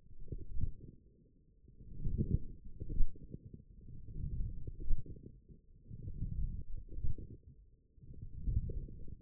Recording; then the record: forearm muscle sounds (acoustic myography)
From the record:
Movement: forearm pronation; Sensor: system 1, eight BSWA MPA416 microphones around the upper forearm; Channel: 1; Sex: male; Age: 20 years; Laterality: left